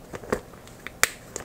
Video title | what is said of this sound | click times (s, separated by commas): Classic Beauty, Fashion/Style, Decor Favorites, Dec 2016: Sweater, Pants, Shoes, Bags, 100% Pure | you hear it snap it's magnetized so it does stay closed | 1.0 s